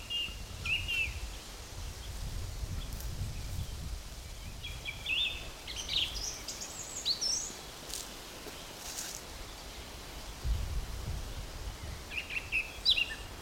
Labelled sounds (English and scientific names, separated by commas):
Song Thrush (Turdus philomelos)